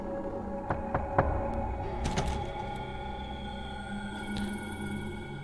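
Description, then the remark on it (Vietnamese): Three quick, evenly spaced knocks on a house door at night, followed by a few softer thumps, all over a steady low hum with no one speaking. “Ông muốn dỗ mình vào giấc ngủ ấy, nhưng mà vừa mới thiêu thiêu thì ông Phú lại nghiến răng nghiến lợi, bởi vì cái đứa mà mẹ mà ông vừa chửi nó lại gõ cửa tiếp.”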